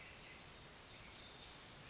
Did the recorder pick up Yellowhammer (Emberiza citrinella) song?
no